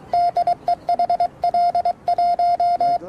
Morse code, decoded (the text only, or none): DE HL1